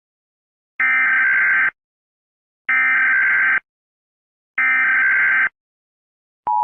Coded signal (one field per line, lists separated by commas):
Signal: Emergency Alert System (SAME) tones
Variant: header bursts